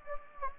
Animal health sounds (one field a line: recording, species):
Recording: mosquito wingbeat signal from an infrared sensor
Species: Anopheles gambiae